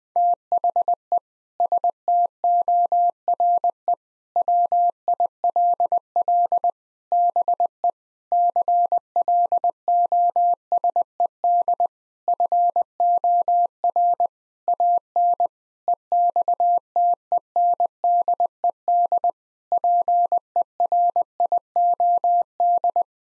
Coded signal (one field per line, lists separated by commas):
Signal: Morse code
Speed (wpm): 20 wpm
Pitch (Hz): 700 Hz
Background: none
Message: THE STORE WILL BE CLOSED FOR AN EXTENDED PERIOD